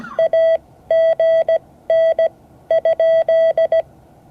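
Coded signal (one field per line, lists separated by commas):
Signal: Morse code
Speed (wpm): 17 wpm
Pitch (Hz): 660 Hz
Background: none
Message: AGN?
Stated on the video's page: Morse code class session, part 10 of 12.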